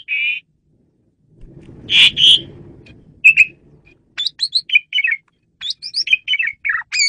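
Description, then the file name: Asian pied starling whistles: a short opening note, then a brief rustling burst, followed by a quick series of high chirps and slurred whistles. Female bird, used as a lure bird. "jalak suren betina pemikat"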